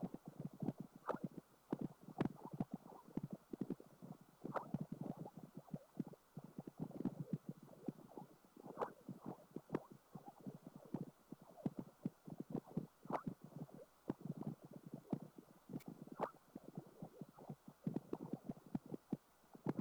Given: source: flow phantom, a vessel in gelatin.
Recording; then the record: Doppler ultrasound of air bubbles in flowing water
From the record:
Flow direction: perpendicular to the transducer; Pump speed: 200 rpm (720 mL/min); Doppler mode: pulsed wave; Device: 7 MHz transducer